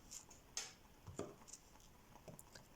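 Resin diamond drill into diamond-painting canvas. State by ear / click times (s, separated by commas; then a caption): seated / 0.6 s, 2.4 s. Square Homfun resin diamond-painting drills are pressed one by one with a stylus into the adhesive diamond-painting canvas, giving soft ticks and taps. Sharp clacks at 0.6 s and 2.4 s are the drills clipping in snugly, seated for a tight placement.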